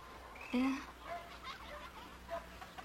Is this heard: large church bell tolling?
no